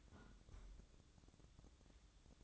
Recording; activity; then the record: daily activity, microphone in the room; close fridge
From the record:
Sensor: 3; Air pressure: 1007.8 hPa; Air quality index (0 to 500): 77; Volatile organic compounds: 1 ppm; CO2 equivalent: 664 ppm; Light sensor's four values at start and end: 12/29/12/12 and 12/29/12/12